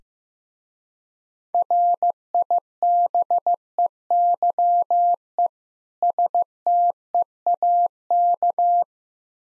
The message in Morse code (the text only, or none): RIBEYE STEAK